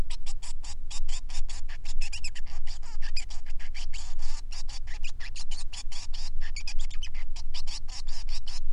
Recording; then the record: song of a male Bengalese finch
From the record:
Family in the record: son of father 3